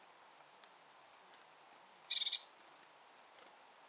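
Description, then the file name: Eurasian blue tit giving five scattered thin high tsee notes and one short rasping churr of a few pulses midway. "Cyanistes caeruleus"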